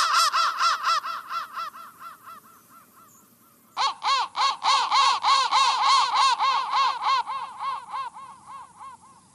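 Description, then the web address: Crow cawing in fast, harsh repeated series, about three to four caws a second, fading out, then a sudden louder burst of rapid caws. "soundfactory crow"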